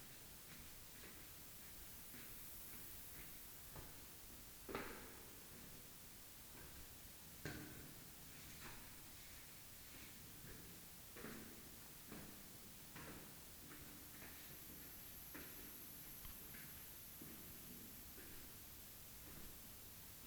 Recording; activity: daily activity, guitar pickup as the sensor; go downstairs